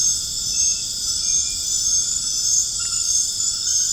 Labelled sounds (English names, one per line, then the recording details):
none
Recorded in dense forest near Puerto Asís, Putumayo, Colombia, on 25 June 2025 at 20:30
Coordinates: 0.481, -76.323
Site G072